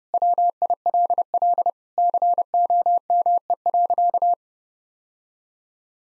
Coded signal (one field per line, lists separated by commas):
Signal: Morse code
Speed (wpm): 30 wpm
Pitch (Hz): 700 Hz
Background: none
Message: WILL COME.